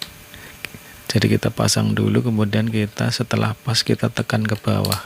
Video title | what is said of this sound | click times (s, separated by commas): LAPTOP X452E UPGRADE MEMORY RAM 6GB SUCCES | kita pasangnya di sini sampai kenceng dan ada bunyi klik jadi | 0.0 s, 0.7 s